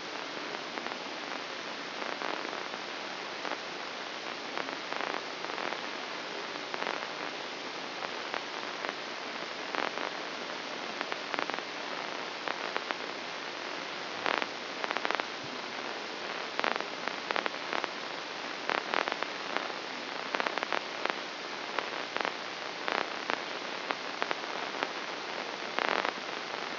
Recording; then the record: brain microelectrode recording played as sound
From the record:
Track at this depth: inside the subthalamic nucleus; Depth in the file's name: 6.505 mm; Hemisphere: left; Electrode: 2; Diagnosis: Parkinson's disease